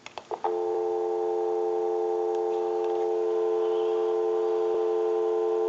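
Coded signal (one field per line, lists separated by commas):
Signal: telephone call progress tone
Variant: North America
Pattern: dial tone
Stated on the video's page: Heard during checkout and repair of a candlestick telephone with a wood bell box.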